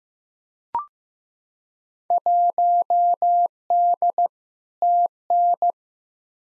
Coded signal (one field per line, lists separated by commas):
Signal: Morse code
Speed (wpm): 16 wpm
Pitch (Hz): 700 Hz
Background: none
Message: 1D TN